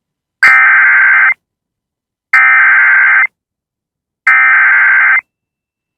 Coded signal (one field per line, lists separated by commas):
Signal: Emergency Alert System (SAME) tones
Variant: header bursts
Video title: (ARCHIVED) flood statement (EAS #132)